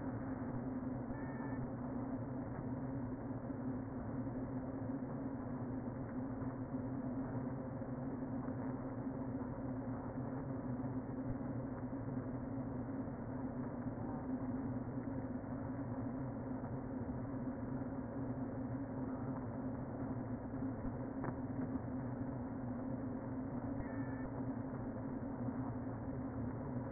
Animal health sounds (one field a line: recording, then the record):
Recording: honeybee colony, microphone inside the hive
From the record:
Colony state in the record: queen present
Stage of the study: before two queens were removed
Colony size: about 60,000 bees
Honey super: yes